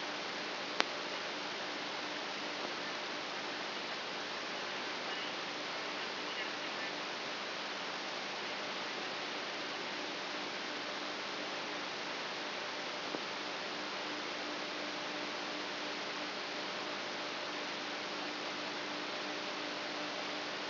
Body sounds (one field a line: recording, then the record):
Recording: brain microelectrode recording played as sound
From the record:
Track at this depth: inside the subthalamic nucleus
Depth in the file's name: 8.137 mm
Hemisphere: left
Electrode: 3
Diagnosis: Parkinson's disease